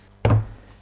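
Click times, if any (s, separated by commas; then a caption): 0.2 s. A 3D-printed plastic foldable leg on a finished small wooden workbench table snaps into its locked position with a sharp, loud click at 0.3 s. A short, low-pitched thump and ring follow and fade within about half a second, and the leg is seated.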